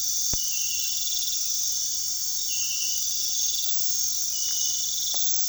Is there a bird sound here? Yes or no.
no